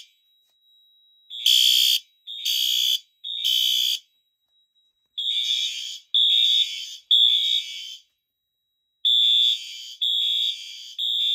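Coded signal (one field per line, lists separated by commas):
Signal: alarm pattern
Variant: fire alarm horn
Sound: harsh buzzing horn blasts in groups of three with pauses, three groups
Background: indoor room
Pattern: temporal three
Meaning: Fire alarm evacuation signal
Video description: Devices in this video are coding themselves to temporal 3, but the panel is set to continuous.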